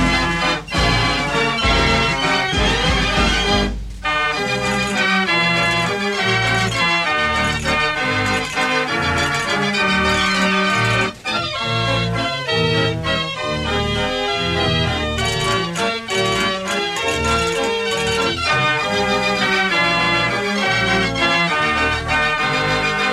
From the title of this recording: Fair Organ